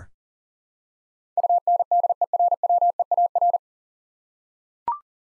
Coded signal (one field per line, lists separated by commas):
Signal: Morse code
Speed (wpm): 37 wpm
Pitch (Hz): 700 Hz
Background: none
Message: UNDERWEAR